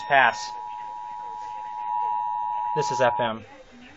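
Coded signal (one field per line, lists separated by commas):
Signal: Emergency Alert System (SAME) tones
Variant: 853 and 960 Hz attention tone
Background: speech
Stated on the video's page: Severe thunderstorm warning for Tazewell, Illinois, received from a home station and 105.7 FM.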